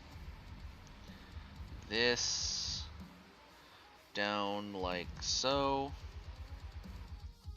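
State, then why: Not seated. A plastic leg part of a model kit is pressed down into the model kit leg frame while someone talks. Faint handling and pressing sounds run under the speech, and no click is heard, so the part has not seated.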